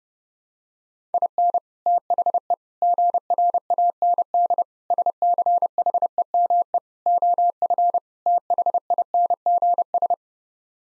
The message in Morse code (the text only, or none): IN THE GRAND SCHEME OF THINGS